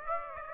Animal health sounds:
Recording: mosquito wingbeat signal from an infrared sensor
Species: Aedes aegypti

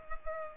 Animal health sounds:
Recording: mosquito wingbeat signal from an infrared sensor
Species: Culex pipiens

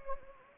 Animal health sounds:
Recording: mosquito wingbeat signal from an infrared sensor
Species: Anopheles gambiae

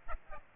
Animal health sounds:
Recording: mosquito wingbeat signal from an infrared sensor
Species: Aedes aegypti

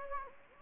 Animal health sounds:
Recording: mosquito wingbeat signal from an infrared sensor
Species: Anopheles gambiae

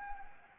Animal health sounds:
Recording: mosquito wingbeat signal from an infrared sensor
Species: Anopheles gambiae

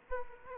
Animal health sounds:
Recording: mosquito wingbeat signal from an infrared sensor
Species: Aedes aegypti

